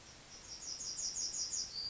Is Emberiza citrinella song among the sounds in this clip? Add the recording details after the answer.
yes. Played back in forest. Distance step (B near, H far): E. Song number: 046